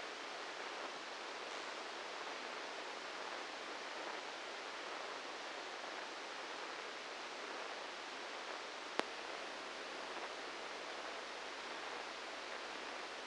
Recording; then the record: brain microelectrode recording played as sound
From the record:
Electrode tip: outside the subthalamic nucleus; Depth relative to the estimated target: -5 mm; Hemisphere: right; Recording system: NeuroSet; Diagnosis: Parkinson's disease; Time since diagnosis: 8 years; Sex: male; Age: 58 years